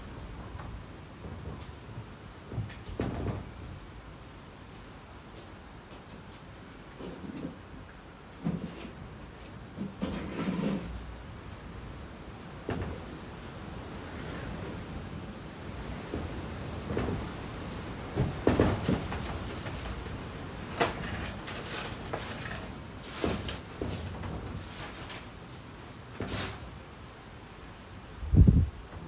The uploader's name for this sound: raining under the eaves